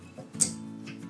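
A pop-up drain stopper linkage piece, either the lift rod or clevis going onto the pivot rod assembly, snaps into place while a bathroom sink pop-up drain is being installed. One sharp snap is heard at 0.4 s over background guitar music. The piece is seated.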